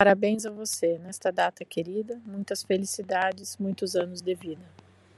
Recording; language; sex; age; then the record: short text; Brazilian Portuguese; female; 30 to 39 years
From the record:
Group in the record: control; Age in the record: 38 years